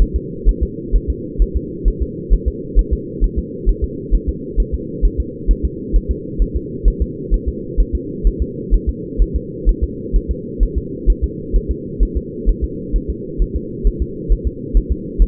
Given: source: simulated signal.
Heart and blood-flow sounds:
fetal heart sounds
0.02 s: S1
0.16 s: S2
0.49 s: S1
0.63 s: S2
0.96 s: S1
1.10 s: S2
1.42 s: S1
1.56 s: S2
1.88 s: S1
2.03 s: S2
2.34 s: S1
2.48 s: S2
2.79 s: S1
2.93 s: S2
3.24 s: S1
3.39 s: S2
3.69 s: S1
3.84 s: S2
4.15 s: S1
4.29 s: S2
4.60 s: S1
4.75 s: S2
5.05 s: S1
5.20 s: S2
5.51 s: S1
5.65 s: S2
5.96 s: S1
6.11 s: S2
6.42 s: S1
6.56 s: S2
6.88 s: S1
7.02 s: S2
7.34 s: S1
7.48 s: S2
7.80 s: S1
7.95 s: S2
8.27 s: S1
8.42 s: S2
8.74 s: S1
8.89 s: S2
9.22 s: S1
9.36 s: S2
9.69 s: S1
9.84 s: S2
10.16 s: S1
10.31 s: S2
10.63 s: S1
10.78 s: S2
11.10 s: S1
11.24 s: S2
11.56 s: S1
11.71 s: S2
12.03 s: S1
12.17 s: S2
12.49 s: S1
12.64 s: S2
12.96 s: S1
13.10 s: S2
13.42 s: S1
13.56 s: S2
13.87 s: S1
14.02 s: S2
14.32 s: S1
14.47 s: S2
14.77 s: S1
14.92 s: S2
15.22 s: S1
From the record:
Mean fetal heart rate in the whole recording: 130 bpm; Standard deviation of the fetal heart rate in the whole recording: 2 bpm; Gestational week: 36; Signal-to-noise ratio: -4.1 dB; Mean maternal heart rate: no maternal heart sound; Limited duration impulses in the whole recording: absent

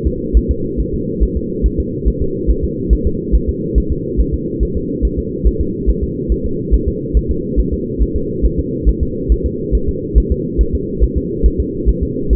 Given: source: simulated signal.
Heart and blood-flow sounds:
fetal heart sounds
0.07 s: S2
0.37 s: S1
0.51 s: S2
0.80 s: S1
0.94 s: S2
1.23 s: S1
1.37 s: S2
1.66 s: S1
1.80 s: S2
2.08 s: S1
2.22 s: S2
2.50 s: S1
2.64 s: S2
2.93 s: S1
3.07 s: S2
3.35 s: S1
3.49 s: S2
3.78 s: S1
3.92 s: S2
4.20 s: S1
4.34 s: S2
4.63 s: S1
4.77 s: S2
5.05 s: S1
5.19 s: S2
5.47 s: S1
5.61 s: S2
5.90 s: S1
6.04 s: S2
6.32 s: S1
6.46 s: S2
6.74 s: S1
6.88 s: S2
7.17 s: S1
7.31 s: S2
7.60 s: S1
7.74 s: S2
8.02 s: S1
8.16 s: S2
8.45 s: S1
8.59 s: S2
8.89 s: S1
9.03 s: S2
9.32 s: S1
9.46 s: S2
9.75 s: S1
9.89 s: S2
10.18 s: S1
10.32 s: S2
10.61 s: S1
10.75 s: S2
11.04 s: S1
11.18 s: S2
11.46 s: S1
11.60 s: S2
11.89 s: S1
12.03 s: S2
12.33 s: S1
From the record:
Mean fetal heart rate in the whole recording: 140 bpm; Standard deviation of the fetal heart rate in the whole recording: 2 bpm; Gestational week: 34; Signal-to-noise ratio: -6.6 dB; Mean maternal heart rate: 72 bpm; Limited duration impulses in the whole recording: present

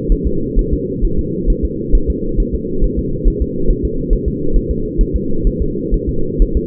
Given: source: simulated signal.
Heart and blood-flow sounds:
fetal heart sounds
0.12 s: S1
0.27 s: S2
0.59 s: S1
0.73 s: S2
1.05 s: S1
1.19 s: S2
1.50 s: S1
1.65 s: S2
1.95 s: S1
2.10 s: S2
2.40 s: S1
2.55 s: S2
2.84 s: S1
2.99 s: S2
3.27 s: S1
3.42 s: S2
3.70 s: S1
3.85 s: S2
4.13 s: S1
4.28 s: S2
4.56 s: S1
4.71 s: S2
5.01 s: S1
5.16 s: S2
5.47 s: S1
5.62 s: S2
5.94 s: S1
6.09 s: S2
6.42 s: S1
6.57 s: S2
From the record:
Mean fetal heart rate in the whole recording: 130 bpm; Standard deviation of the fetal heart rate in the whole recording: 4 bpm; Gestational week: 38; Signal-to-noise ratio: -8.1 dB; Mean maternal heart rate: 72 bpm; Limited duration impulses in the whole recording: absent

